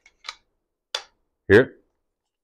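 A knife is pushed into its plastic sheath and clicks home with one sharp, loud click at 0.9 s, leaving it seated and not coming out. Fainter ticks come just before, and someone talks briefly afterward.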